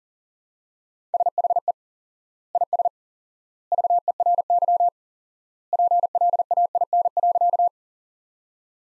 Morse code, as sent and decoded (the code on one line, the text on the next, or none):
... .... . / .. ... / ...- . .-. -.-- / .--. .-.. .- .. -. .-.-.-
SHE IS VERY PLAIN.